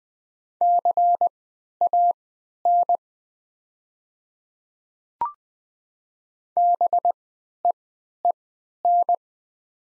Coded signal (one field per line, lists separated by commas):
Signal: Morse code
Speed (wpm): 20 wpm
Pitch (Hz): 700 Hz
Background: none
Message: CAN BEEN